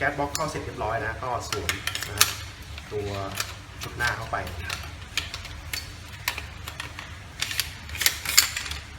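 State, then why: Not seated. Someone talks while handling a Derya MK12 shotgun, pushing the front assembly (barrel and forend group) onto the metal receiver after the gas block has been fitted, with light metallic clinks and taps throughout. Sharp knocks come at about 6.3, 7.4, 7.6, 8.1 and 8.4 seconds. Nothing has seated or clicked yet; the clip ends just before the front assembly goes home.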